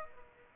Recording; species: mosquito wingbeat signal from an infrared sensor; Aedes aegypti